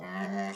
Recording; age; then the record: pig call; piglet (1 to 25 days)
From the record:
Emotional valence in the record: negative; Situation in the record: long isolation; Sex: female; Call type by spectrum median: low-frequency call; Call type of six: mixed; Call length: 0.56 s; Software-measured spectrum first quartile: 222 Hz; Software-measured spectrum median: 587 Hz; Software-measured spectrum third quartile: 1146 Hz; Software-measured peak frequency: 682 Hz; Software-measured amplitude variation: 67 dB a second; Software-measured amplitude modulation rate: 15.3 a second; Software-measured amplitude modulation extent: 4.4 dB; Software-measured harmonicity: 3.5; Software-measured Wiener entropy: -0.67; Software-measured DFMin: 713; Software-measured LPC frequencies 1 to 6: 653, 1909, 2851, 4592, 5715, 6836 Hz